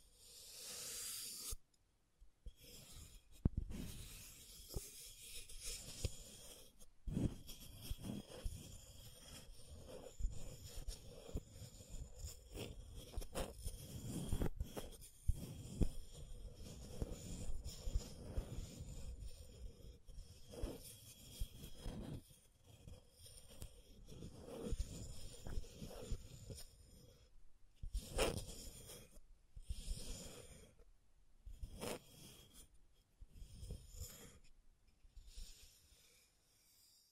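Scratching and tracing sounds, a dry rubbing and rasping that runs almost without pause for about 37 seconds. The strokes swell and fade in uneven bursts, with sharp clicks and brief silences near 2, 7, 28 and 33 seconds, and a thin steady high tone behind.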